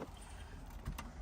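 The tight bottom plastic connector of a T-harness for a dual camera kit on a 2016–2020 Toyota Hilux with a factory screen is pushed into the vehicle wiring connector. After a low push and rub, it seats with a sharp click at 0.99 s and goes all the way in.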